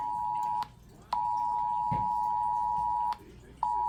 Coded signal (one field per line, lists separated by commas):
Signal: Emergency Alert System (SAME) tones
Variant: 853 and 960 Hz attention tone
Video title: National EAS test